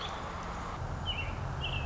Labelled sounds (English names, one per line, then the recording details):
American Robin
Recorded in Sonoma County, California